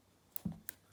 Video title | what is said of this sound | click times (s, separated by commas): Tom Tom 550 - Routes or Tracks, which is better? | make sure it clicks in that's it you can feel the click against the spring | 0.4 s